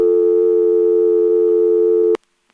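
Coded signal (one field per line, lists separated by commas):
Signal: telephone call progress tone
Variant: North America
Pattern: dial tone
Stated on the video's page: Senderized XY step switching office in Lexington, SC.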